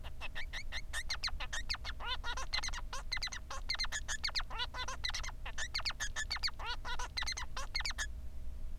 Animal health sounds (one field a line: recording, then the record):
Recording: song of a male Bengalese finch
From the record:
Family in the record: son of father 3